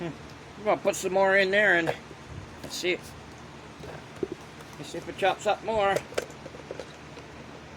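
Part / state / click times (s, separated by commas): plastic lid onto a pull-string food processor bowl / not seated / none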